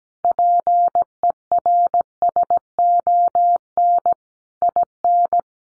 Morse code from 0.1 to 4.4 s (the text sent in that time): PERSON